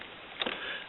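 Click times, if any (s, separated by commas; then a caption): 0.4 s. A stiff cyan cartridge from a continuous ink supply system is worked into the inkjet carriage of an Epson XP-410/XP-310 printer. It gives a sharp click at 0.4 s as it finally latches, followed by a couple of softer clicks and rattles just after. The cartridge is seated.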